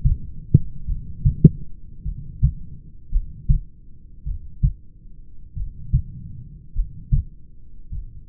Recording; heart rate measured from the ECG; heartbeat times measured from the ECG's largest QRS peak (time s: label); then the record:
heart sounds by stethoscope; 51 bpm
0.90 s: heartbeat
2.08 s: heartbeat
3.15 s: heartbeat
4.29 s: heartbeat
5.59 s: heartbeat
6.78 s: heartbeat
7.95 s: heartbeat
From the record:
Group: heart failure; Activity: rest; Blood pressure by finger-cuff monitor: 147/67 mmHg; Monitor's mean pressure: 91 mmHg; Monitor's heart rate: 51 bpm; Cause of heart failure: familial cardiomyopathy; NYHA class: 1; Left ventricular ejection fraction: 49%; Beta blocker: bisoprolol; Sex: male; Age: 31 years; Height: 194 cm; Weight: 96 kg